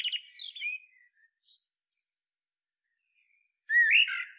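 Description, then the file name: Common blackbird: squawky, falling notes at the start fade into scattered soft notes, then a loud phrase with strong overtones bursts out near the end. "Turdus merula"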